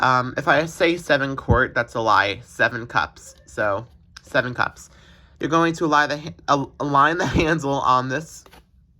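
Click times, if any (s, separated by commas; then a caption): none. Someone talks while handling the 7-cup plastic work bowl of a KitchenAid food processor, lining it up by its handle to press it onto the motor base. The clip ends before the bowl goes home, so nothing has seated or snapped into place yet.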